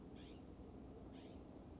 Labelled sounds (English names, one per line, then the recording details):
California Scrub-Jay
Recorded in Sonoma County, California